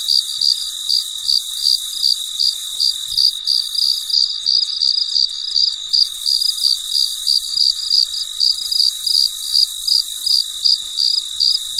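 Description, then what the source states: Cricket giving rapid, regular high chirps, roughly three per second, with a continuous shrill background. Recorded late at night, in quiet surroundings.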